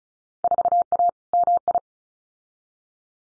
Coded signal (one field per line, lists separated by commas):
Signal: Morse code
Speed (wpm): 36 wpm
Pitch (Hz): 700 Hz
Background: none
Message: 4A MI